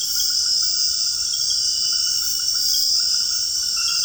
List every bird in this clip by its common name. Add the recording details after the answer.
none. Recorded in dense forest near Puerto Asís, Putumayo, Colombia, on 21 February 2024 at 01:30. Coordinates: 0.485, -76.325. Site G6429